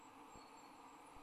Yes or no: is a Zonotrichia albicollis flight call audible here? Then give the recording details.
no. No flight call is heard. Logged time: 23:44 on 29 November 2014